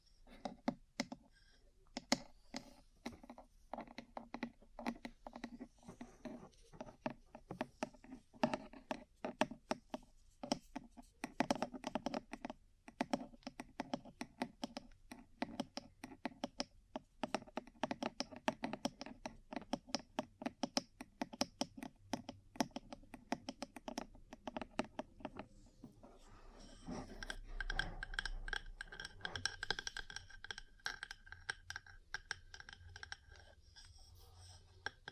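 Ear cleaning and massage sounds: dense, irregular tapping and rubbing clicks fill the first twenty-five seconds, fast and uneven with occasional stronger knocks. After about 26 seconds the tapping thins and a steadier, brighter scratchy rustle takes over with a low rumble underneath.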